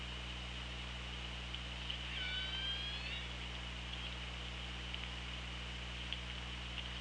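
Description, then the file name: Killer whale call: a single drawn-out tonal squeal with several parallel overtones, sliding slightly upward, amid continuous low hum and hiss. Recorded on the OrcaLab hydrophone, 24 August 2017 at 17:14. "Orca Lab UTLN JASON 20170824 171451"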